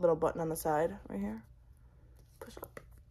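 Someone talks about the small button on the side of a quarter-inch drive ratchet, then faint short handling taps and rattles follow as the button is pushed to free the swivel head. The head has not yet locked into its detent, and nothing has seated or clicked by the end.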